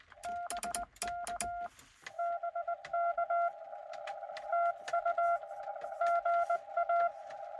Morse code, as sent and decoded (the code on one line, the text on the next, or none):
-... -.- / -... -.- / - ..- / --. .-
BK BK TU GA